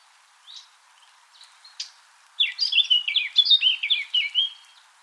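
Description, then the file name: Eurasian blackcap song: scattered short calls, then a loud, hurried warbling phrase of varied fluty notes lasting about two seconds. "Sylvia atricapilla"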